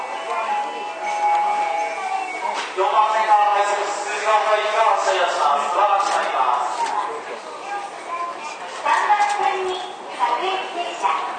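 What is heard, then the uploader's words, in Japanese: Aboard a Keio 9000 series train, a voice speaks almost continuously for the whole stretch, over a soft steady hiss with little deep rumble. 京王9000系 高尾山口〜つつじヶ丘。快速つつじヶ丘行を録音。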